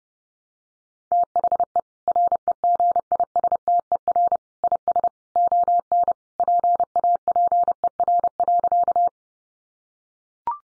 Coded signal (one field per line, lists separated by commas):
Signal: Morse code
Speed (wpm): 30 wpm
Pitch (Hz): 700 Hz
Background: none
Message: THE REGISTER IS ON PAPER.